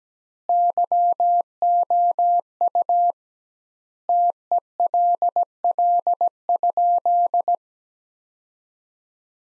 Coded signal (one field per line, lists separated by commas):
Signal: Morse code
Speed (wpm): 17 wpm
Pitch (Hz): 700 Hz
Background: none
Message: YOU TELL?